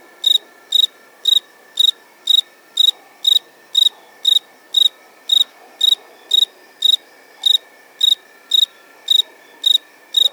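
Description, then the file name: Cricket chirping in brief shrill pulses, evenly repeated roughly twice per second over a steady background tone. "Grillo"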